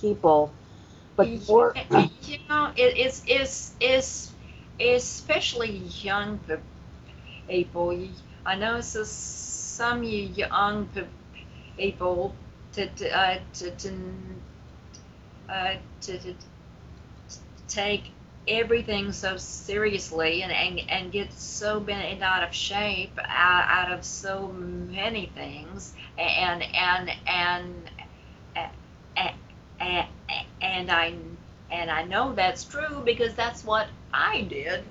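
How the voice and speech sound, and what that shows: Adult woman who stutters, speaking with repeated sounds and words, stretched sounds and long pauses, fitting stuttering.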